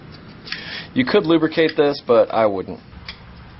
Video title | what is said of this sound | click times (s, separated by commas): Replacing Drum Brake Shoes Part 1 | push it on there once it snaps in place you're good to go make sure it moves | 0.5 s